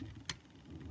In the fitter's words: Hear the click.